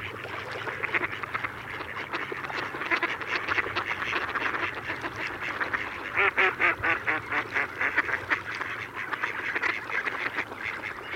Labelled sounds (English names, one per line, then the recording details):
Mallard call
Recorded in the wild
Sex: male
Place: Putbus, Insel Rügen, Mecklenburg-Vorpommern, DE
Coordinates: 54.336, 13.464
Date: 1980-02-24
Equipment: Nagra III BH, Sennheiser MD 21, parabola
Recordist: Schubert, Michael
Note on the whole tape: Große Schar Stockenten, bunte Ruf-Mischung